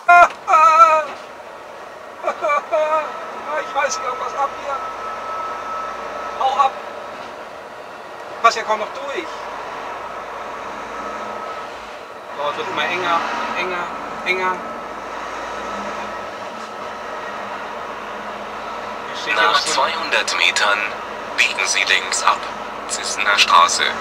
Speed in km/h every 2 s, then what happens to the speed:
5, 6, 8, 9, 9, 12, 15, 18, 19, 19, 19, 21.
0-24 speeds up to 21.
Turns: none.